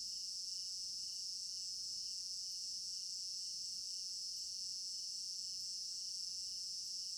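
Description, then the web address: Shrill, even cricket trilling throughout, with a throbbing lower chirp layer and a few scattered faint taps. Crickets in an African village garden at night; stereo binaural recording. "African-Village Garden Night Crickets Stereo-Binaural. immersive sound library"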